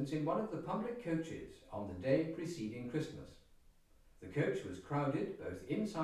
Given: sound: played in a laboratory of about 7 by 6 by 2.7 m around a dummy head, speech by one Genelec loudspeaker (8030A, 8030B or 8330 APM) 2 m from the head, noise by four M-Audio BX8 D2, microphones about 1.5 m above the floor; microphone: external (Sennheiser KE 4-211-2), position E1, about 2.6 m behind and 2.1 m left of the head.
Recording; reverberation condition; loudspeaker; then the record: male speech in English; medium; 60 degrees to the right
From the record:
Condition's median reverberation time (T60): about 510 ms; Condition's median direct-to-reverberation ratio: about -0.5 dB